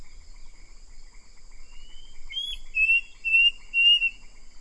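Bird calling with a sequence of clear, high whistled notes, about twice a second, over a faint steady hum.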